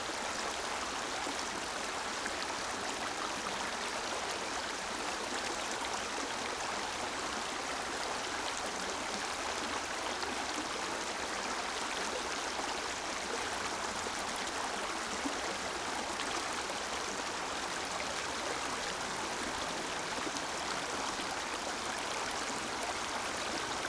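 A trickling stream runs steadily for the whole stretch, a dense, even rush of water with a bright, hissy top and little low rumble. Fine splashes and gurgles blur together without pause, sounding close by, and nothing else stands out behind the flow.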